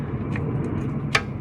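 A metal bolt on a bicycle crank is tightened with a torque tool using its longer arm, over a steady low rumble with a faint tick at 0.4 s. A sharp click at 1.2 s marks the tool reaching its setting, and the bolt is torqued up.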